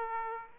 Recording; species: mosquito wingbeat signal from an infrared sensor; Aedes aegypti